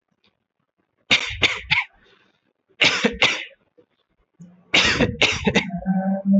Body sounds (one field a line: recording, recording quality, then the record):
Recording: shallow voluntary cough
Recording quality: moderate, slight background noise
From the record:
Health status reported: healthy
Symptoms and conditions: none ticked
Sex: male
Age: 26 years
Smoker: not ticked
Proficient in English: yes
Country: India